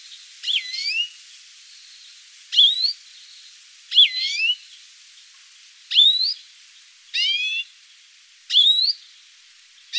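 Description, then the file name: European greenfinch giving nasal, rising calls with curling harmonics, roughly every one and a half seconds. "Chloris chloris"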